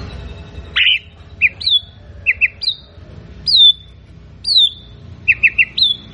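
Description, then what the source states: White-rumped shama song alternating clear, downslurred whistles with quick clusters of two or three short chirps, repeated at irregular intervals. Lure recording of a bird singing continuously, used to provoke a quick response from other shamas.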